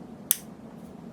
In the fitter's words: that's all you get you hear that little click